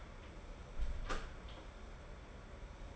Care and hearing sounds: daily activity, microphone in the room; close door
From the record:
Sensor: 5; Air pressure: 1015.3 hPa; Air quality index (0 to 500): 214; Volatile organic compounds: 12 ppm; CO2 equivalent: 2328 ppm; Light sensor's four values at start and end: 35/80/32/31 and 35/80/32/31

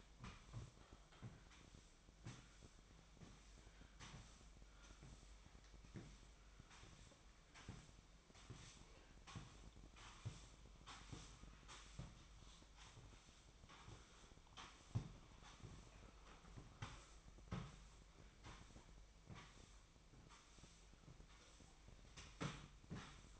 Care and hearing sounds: daily activity, microphone in the room; sweep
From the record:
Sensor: 1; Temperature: 24.7 degrees Celsius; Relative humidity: 39.7%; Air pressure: 1001.6 hPa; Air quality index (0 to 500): 220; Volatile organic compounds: 29 ppm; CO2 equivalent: 2933 ppm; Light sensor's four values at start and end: 8/29/10/12 and 8/30/10/12

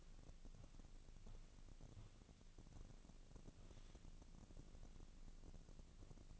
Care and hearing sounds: daily activity, microphone in the room; walk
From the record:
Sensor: 4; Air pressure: 1013.0 hPa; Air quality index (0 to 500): 174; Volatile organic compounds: 2 ppm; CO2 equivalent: 1100 ppm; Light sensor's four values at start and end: 60/150/63/67 and 60/148/63/67

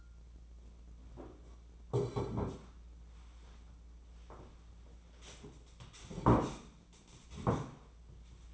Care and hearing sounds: daily activity, microphone in the room; sit down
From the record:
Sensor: 1

